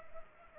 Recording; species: mosquito wingbeat signal from an infrared sensor; Aedes aegypti